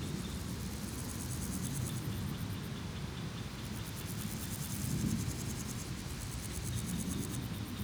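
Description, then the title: Grasshopper: high, ticking buzz of grasshoppers in repeated bursts separated by short pauses, backed by the rumble of cars passing. Grasshoppers on a sunny day at Chaussée de Tervueren, Pins Noirs, Auderghem, Brussels, Belgium, with passing cars; recorded with DPA 4060 microphones in AB position into a Zoom F3. "Chaussée de Tervueren, Pins Noirs, Auderghem, Bruxelles-Capitale, 1160, Belgique - Sauterelles - Grasshoppers"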